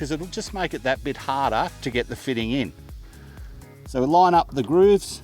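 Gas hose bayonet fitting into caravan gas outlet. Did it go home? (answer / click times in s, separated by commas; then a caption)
no / none. Someone talks over background music while lining up the grooves of a gas hose bayonet fitting with the gas outlet of an MDC XT10E offroad caravan. Only a faint, brief sound is heard near 3.6 s during a quieter pause. The fitting is still being handled, and nothing has seated or clicked yet.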